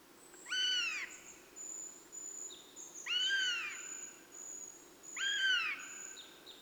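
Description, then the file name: Eurasian jay calling: three loud, plaintive downslurred mews about two to three seconds apart, with a thin, steady high whistle and a few faint short higher notes. "Garrulus glandarius"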